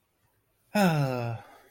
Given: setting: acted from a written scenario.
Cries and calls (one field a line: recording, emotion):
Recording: vocal sound without words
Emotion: pride